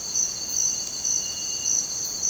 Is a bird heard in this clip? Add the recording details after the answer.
no. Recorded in dense forest near Puerto Asís, Putumayo, Colombia, on 23 June 2025 at 05:30. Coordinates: 0.484, -76.317. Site G045